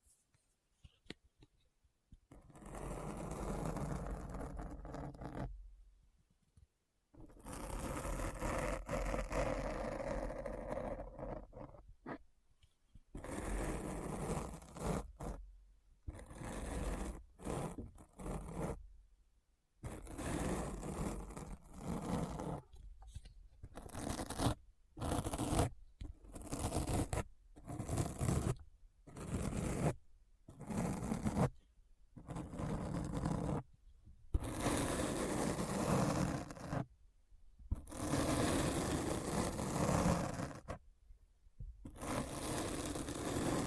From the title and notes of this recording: ASMR Deep Brain Scratch (No Talking).